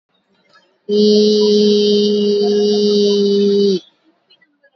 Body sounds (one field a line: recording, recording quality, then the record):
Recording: sustained vowel as in beet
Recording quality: excellent, no background noise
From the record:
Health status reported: exposed to COVID-19, no respiratory illness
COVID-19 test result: negative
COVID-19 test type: RT-PCR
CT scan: not taken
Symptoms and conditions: none ticked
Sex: female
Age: 24 years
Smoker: no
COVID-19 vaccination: both doses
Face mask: worn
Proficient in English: yes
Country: India